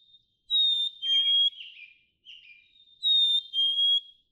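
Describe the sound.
Black-capped chickadee singing two whistled phrases, each a long high note followed by a slightly lower one, with a brief softer note between.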